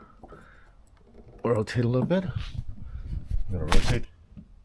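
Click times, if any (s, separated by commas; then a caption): none. Someone rotates the end of a replacement rear-hatch gas strut to line up its metal ball socket with the ball stud, making faint handling taps near 0.2 and 0.9 seconds while talking. Nothing has snapped onto the stud or seated yet.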